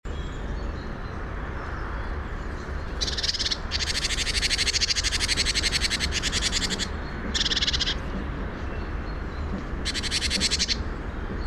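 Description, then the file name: Great tit churring calls: long harsh scolding rattles, repeated several times over a constant loud low rumble of background noise. "Parus major"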